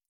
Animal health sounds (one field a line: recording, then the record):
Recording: hydrophone in a shrimp aquaculture tank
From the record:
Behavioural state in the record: stressed